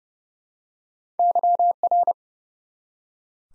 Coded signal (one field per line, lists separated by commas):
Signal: Morse code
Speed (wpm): 30 wpm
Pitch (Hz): 700 Hz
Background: none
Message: YR